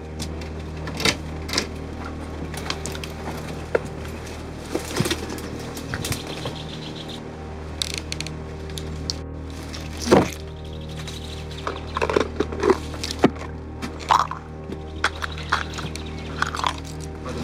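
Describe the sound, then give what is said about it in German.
A key is pushed and jiggled in a lock, giving irregular metallic clicks, scrapes and rattles over a steady low hum, with a few sharper clacks near the end. “Oder ich nehme ganz einfach mal denselben Schlüssel.”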